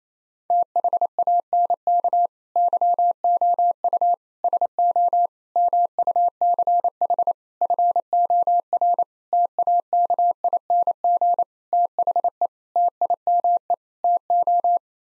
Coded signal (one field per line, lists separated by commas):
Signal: Morse code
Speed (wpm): 28 wpm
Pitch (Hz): 700 Hz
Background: none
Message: THANK YOU SO MUCH FOR TAKING THE TIME TO